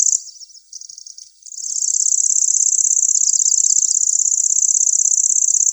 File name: Sverchok pjatnistyj